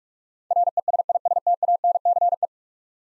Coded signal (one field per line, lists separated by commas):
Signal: Morse code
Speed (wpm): 44 wpm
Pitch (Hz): 700 Hz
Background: none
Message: RESISTANCE